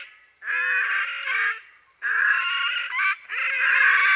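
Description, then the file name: Red-necked grebe calls, loud harsh drawn-out wailing squeals in long bouts, separated by short pauses. "perkozrdzawoszyi"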